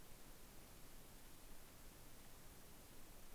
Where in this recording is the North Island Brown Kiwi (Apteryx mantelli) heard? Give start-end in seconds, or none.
none